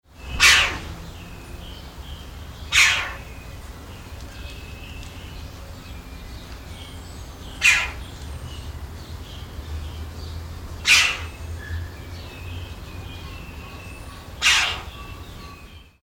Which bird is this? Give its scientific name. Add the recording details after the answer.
Pyrrhocorax pyrrhocorax. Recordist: Tembrock, Günter. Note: Kurzlaute